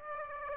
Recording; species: mosquito wingbeat signal from an infrared sensor; Aedes aegypti